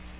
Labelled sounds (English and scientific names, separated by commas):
Magnolia Warbler (Setophaga magnolia) flight call